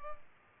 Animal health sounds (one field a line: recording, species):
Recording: mosquito wingbeat signal from an infrared sensor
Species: Culex pipiens